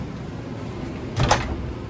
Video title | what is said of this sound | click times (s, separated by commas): 2021 Sunseeker 3050 SF Stock# 12702 | and it does just kind of lock itself back into place there | 1.3 s